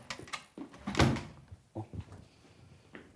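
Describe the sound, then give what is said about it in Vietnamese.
A drawer is pulled open with a loud wooden bang and rattle, followed by a few softer knocks and scrapes as things shift inside; no one speaks. “Nó nói ngăn kéo nào mình quên mất tiêu ta.”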